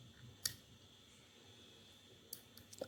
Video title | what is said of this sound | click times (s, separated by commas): Menyesal‼️ Beli Camera CCTV IP ini karena Beda Spek Tdk Suport V380 | Sampai bunyi cetek taruh | 0.5 s